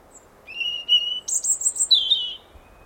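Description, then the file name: European robin phrase opening with a steady, thin whistled note, then jumping to a very high rapid warble and ending in a lower descending note. "Erithacus rubecula"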